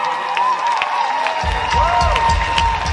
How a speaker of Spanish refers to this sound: Un aplauso fuerte.